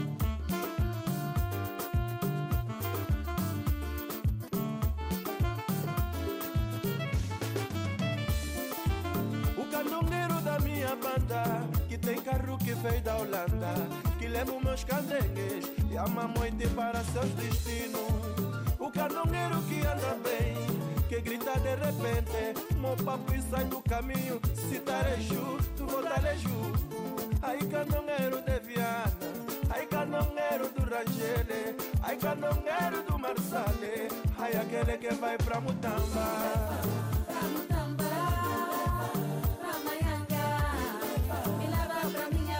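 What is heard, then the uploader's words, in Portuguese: A noisy street in Luanda, filled by loud music that plays without pause. A steady, fast beat drives it, with a thumping low end and bright melodic lines on top. The level stays high and even throughout, with faint voices possibly underneath. Ruas ruidosas de Luanda.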